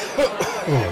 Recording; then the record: coughing mixed with background sound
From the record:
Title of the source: Dry Afternoon Cough